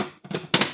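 The plastic lid of an electric food chopper is pressed down onto its bowl, with soft plastic rubbing and tapping around 0.3 s. A sharp, loud click at 0.5 s marks the lid locking shut, seated on the bowl.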